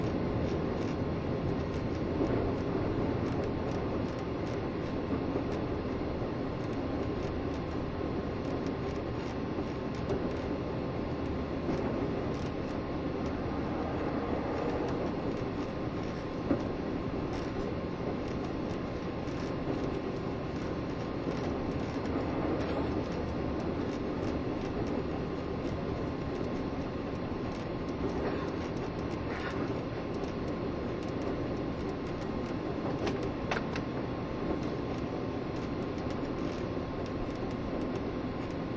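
An electric train runs at speed, its nose-suspended traction motors giving a steady, loud growl heard from on board. The rumble stays dense and even throughout, with a faint constant whine and occasional brief clanks from the running gear.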